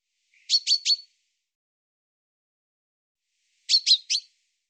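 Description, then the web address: Common chaffinch giving two short bursts of three buzzy, rapid high notes, about three seconds apart, against silence. "Deverinetal 2025 File cleaned normalized Bird Fr Co"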